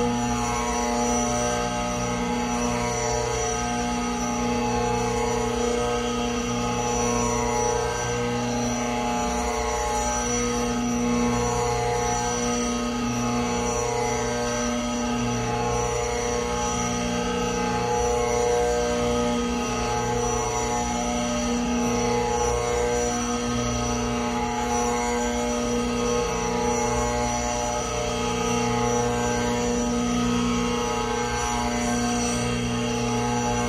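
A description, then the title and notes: A tambura drone, processed and layered, holds a dense, unchanging wall of sustained tones from start to finish. Many steady pitches stack from a low hum up through bright upper tones, with a faint shimmer and slight wavering in the low end but no distinct events. Modified Longform Tambura Drone. This is an experimental long form drone from a tambura recording gradually mixed with signal processing of various forms.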